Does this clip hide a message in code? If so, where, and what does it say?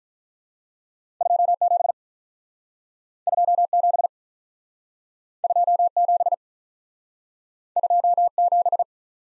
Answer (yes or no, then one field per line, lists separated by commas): yes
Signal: Morse code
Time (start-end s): 1.2-8.8 s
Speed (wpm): 46 wpm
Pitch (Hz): 700 Hz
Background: none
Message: 2 7 2 7 2 7 2 7